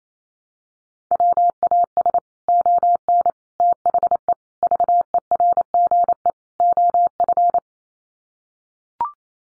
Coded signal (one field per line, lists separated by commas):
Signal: Morse code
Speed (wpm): 28 wpm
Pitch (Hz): 700 Hz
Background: none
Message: WAS ON THE VERGE OF